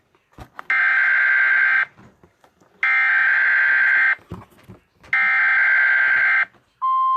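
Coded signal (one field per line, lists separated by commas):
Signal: Emergency Alert System (SAME) tones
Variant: header bursts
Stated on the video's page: Mock EAS alerts.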